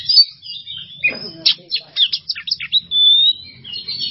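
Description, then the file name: Oriental magpie-robin song, a rapid run of sharp downslurred notes, a sustained clear whistle, then more chattery phrases. Masteran (songbird training) recording of a kacer singing in the bongkar isian style, unloading its repertoire, in an emotional, worked-up state. "Masteran Kacer Bongkar Isian Emosi"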